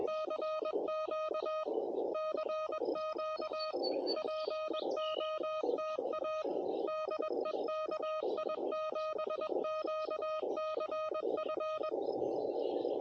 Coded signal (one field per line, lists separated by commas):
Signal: Morse code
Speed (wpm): 21 wpm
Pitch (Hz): 1250 Hz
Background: music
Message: CQ CQ POTA DE KI7QCF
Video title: CW POTA W/Elecraft KH1